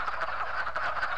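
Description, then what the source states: Wood frogs calling in a dense, continuous chorus of raspy notes that overlap without pause. Males calling at woodland ponds and vernal pools in Kentucky to mate, often arriving during the day and calling at once; breeding between mid-January and March after leaving hibernation.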